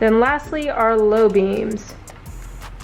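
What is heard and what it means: Someone talks while handling the low beam plastic connector for the Tacoma's OEM LED headlights (81150-04290, 81110-04290) before plugging it into the headlight harness, followed by quieter faint handling noise. Nothing has seated or clicked yet by the end of the clip.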